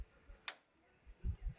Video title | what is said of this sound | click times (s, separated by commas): How to Replace Install a Mustang V6 Water Pump and thermostat 3.8l 3.9l | you're just going to push that tab that's sticking up down a little and it's gonna snap into place see | 0.5 s